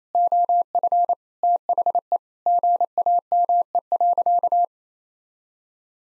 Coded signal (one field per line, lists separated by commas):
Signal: Morse code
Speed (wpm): 28 wpm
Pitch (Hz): 700 Hz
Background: none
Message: OF THE GAME.